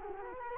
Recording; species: mosquito wingbeat signal from an infrared sensor; Culex quinquefasciatus